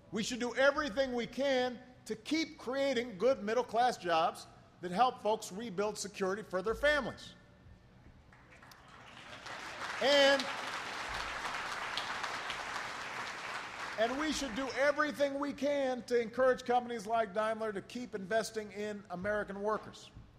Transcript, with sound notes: We should do everything we can to keep creating good middle-class jobs that help folks rebuild security for their families. (Applause.) And we should do everything we can to encourage companies like Daimler to keep investing in American workers.